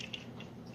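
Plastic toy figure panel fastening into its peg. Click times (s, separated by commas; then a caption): 0.1 s. During a robot-to-vehicle conversion, a plastic panel of a toy figure is brought over and fastened onto its peg, and it seats with a short, sharp click at about 0.1 s. Two fainter ticks follow at around 0.0 s and 0.4 s over a quiet background.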